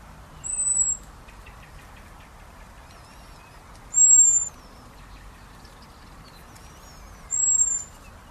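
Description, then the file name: Common blackbird repeating a thin, very high, sustained whistle three times, roughly every three seconds. "Turdus merula"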